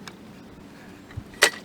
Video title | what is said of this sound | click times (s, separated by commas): VLAP Lake Sampling Training Video | so you pull both ends apart until it clicks and it locks and open like so | 1.4 s